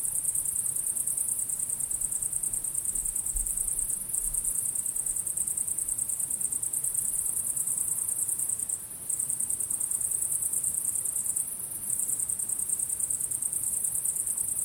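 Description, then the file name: Cricket trilling high and shrill, the sound pausing briefly near nine and twelve seconds. At sunset. "syrsor solnedgang"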